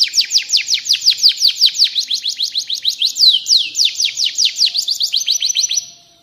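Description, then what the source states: Canary delivering a long, unbroken trill of bright, sharply descending notes, about five per second, ending with the song fading out. Domestic F1 canary; singing described as gacor, meaning lively and persistent.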